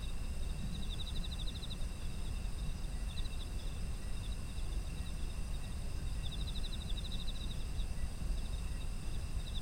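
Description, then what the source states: Steady shrill insect trills run throughout, with two longer rapid chirp trains, one early and one late, over low rumbling background noise. Autumn insects; environmental ambience.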